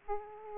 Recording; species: mosquito wingbeat signal from an infrared sensor; Aedes aegypti